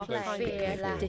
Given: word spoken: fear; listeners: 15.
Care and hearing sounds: one English word in noise, from a listening test; four-talker babble; -1.0 dB; 2 of 15; 8 of 15; 0.69 s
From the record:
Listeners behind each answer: 8, 2, 1, 1, 1, 1, 1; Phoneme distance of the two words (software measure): 27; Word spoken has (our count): 1 syllable, 2 phonemes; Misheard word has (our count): 1 syllable, 3 phonemes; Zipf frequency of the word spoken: 4.84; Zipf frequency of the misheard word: 5.69

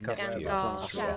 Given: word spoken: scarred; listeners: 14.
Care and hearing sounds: one English word in noise, from a listening test; four-talker babble; -0.5 dB; 0 of 14; 6 of 14; 0.77 s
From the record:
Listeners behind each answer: 6, 1, 1, 1, 1, 1, 1, 1, 1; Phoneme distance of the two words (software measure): 17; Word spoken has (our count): 1 syllable, 4 phonemes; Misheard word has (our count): 1 syllable, 3 phonemes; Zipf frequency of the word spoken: 3.29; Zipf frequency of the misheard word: 4.33

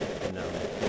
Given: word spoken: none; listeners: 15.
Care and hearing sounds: one English word in noise, from a listening test; noise modulated by three-talker babble; -4.8 dB; 2 of 15; 7 of 15; 0.49 s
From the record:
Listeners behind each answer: 7, 2, 2, 2, 1, 1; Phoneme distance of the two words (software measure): 10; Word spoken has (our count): 1 syllable, 3 phonemes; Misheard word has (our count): 1 syllable, 3 phonemes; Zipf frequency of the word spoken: 4.88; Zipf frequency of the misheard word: 3.47

